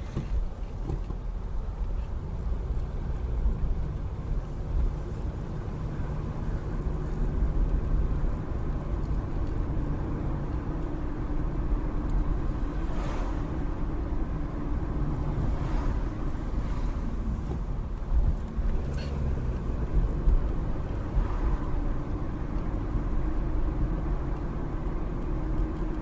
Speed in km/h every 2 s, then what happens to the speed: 8, 13, 21, 29, 32, 32, 34, 34, 24, 26, 32, 35, 35.
0-8 speeds up to 32. 8-13 steady at about 32. 13-17 slows to 24. 17-22 speeds up to 35.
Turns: none.